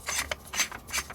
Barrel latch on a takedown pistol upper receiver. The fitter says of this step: again that little latch is right here just pull it up and it snaps right into place